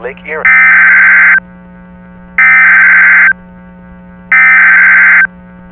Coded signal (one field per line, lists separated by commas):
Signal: Emergency Alert System (SAME) tones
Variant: header bursts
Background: speech